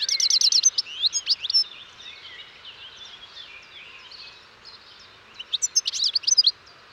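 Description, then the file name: European goldfinch twittering song, loud rapid chirps and trills at the start and again near the end, with faint chattering notes between. "Carduelis carduelis"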